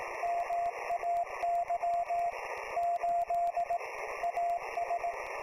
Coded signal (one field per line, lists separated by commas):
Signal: Morse code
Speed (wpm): 18 wpm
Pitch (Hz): 690 Hz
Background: radio noise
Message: MAY 8 AS